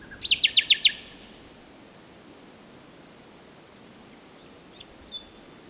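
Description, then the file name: Common nightingale phrase: several loud, rapidly repeated whistled notes in about one second, followed by near silence with a couple of faint chips. "Luscinia megarhynchos"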